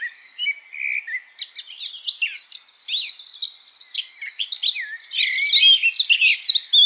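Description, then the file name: Eurasian blackcap song: a fast, scratchy warble of chirps and twittering notes that grows louder toward the end. "Sylvia atricapilla"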